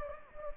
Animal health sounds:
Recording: mosquito wingbeat signal from an infrared sensor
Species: Anopheles gambiae

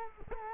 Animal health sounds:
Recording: mosquito wingbeat signal from an infrared sensor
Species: Culex quinquefasciatus

